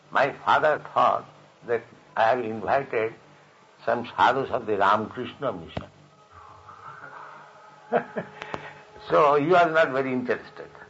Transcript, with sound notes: my father thought that I have invited some sādhus of the Ramakrishna Mission. (laughter) So he was not very interested.